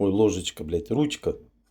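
Someone talks while handling a detachable handle being fitted onto a new frying pan. Nothing has seated or clicked yet; the clip ends just before the handle goes home.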